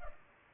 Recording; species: mosquito wingbeat signal from an infrared sensor; Culex pipiens